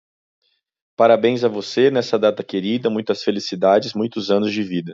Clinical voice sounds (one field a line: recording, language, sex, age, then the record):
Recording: short text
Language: Brazilian Portuguese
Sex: male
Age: 20 to 29 years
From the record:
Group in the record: control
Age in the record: 27 years